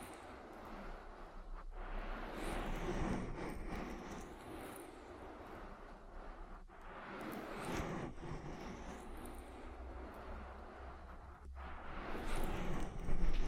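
Oily ear massage fills the clip with a thick, continuous rushing and rubbing sound, full from deep rumble to bright hiss. It swells and eases in slow waves, with short pauses near 2, 6.5 and 11.5 seconds, and grows louder toward the end.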